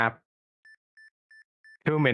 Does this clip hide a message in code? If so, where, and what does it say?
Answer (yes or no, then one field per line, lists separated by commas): no